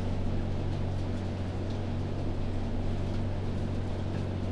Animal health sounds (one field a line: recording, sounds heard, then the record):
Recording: poultry house recording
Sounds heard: no chicken sound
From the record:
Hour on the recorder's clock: 22